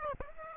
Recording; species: mosquito wingbeat signal from an infrared sensor; Aedes aegypti